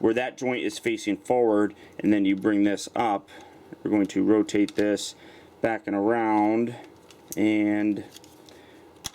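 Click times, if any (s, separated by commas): 9.1 s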